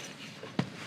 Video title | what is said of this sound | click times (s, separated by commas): A ROOFTOP TENT UNDER $2K That Does Everything You Need - Topoak Galaxy Pro Rooftop Tent Review | and then locks into place. | 0.6 s